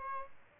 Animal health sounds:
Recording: mosquito wingbeat signal from an infrared sensor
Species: Aedes albopictus

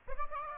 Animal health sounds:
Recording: mosquito wingbeat signal from an infrared sensor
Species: Aedes aegypti

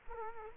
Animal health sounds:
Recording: mosquito wingbeat signal from an infrared sensor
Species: Culex quinquefasciatus

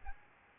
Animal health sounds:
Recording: mosquito wingbeat signal from an infrared sensor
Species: Aedes albopictus

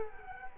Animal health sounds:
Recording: mosquito wingbeat signal from an infrared sensor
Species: Culex quinquefasciatus

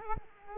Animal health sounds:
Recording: mosquito wingbeat signal from an infrared sensor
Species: Culex quinquefasciatus

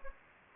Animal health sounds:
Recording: mosquito wingbeat signal from an infrared sensor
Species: Anopheles gambiae

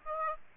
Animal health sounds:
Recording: mosquito wingbeat signal from an infrared sensor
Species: Aedes aegypti

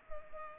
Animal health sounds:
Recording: mosquito wingbeat signal from an infrared sensor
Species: Culex pipiens

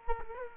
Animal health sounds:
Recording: mosquito wingbeat signal from an infrared sensor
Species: Culex quinquefasciatus

